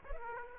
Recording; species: mosquito wingbeat signal from an infrared sensor; Aedes aegypti